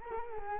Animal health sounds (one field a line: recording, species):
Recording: mosquito wingbeat signal from an infrared sensor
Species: Culex quinquefasciatus